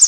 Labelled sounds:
Pine Warbler (Setophaga pinus) flight call

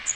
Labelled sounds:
Magnolia Warbler (Setophaga magnolia) flight call

